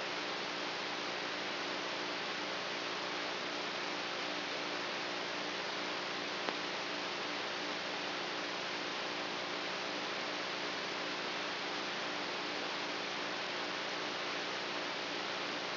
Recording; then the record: brain microelectrode recording played as sound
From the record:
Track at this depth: outside the subthalamic nucleus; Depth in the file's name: 0.207 mm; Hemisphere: right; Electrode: 3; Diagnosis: Parkinson's disease